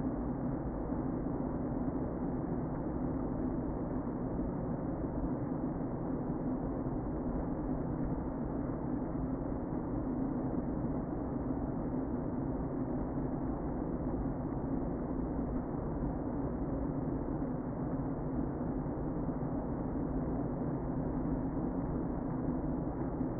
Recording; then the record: honeybee colony, microphone inside the hive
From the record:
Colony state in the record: queen present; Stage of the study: before two queens were removed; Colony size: about 60,000 bees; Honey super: yes